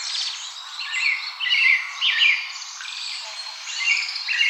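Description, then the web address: Birds calling: high chirps and short twittering phrases, irregular and continuous, over a steady background hiss. Recording dated 140416. "birdenaga sirohara"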